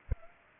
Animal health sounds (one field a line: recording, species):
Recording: mosquito wingbeat signal from an infrared sensor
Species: Culex pipiens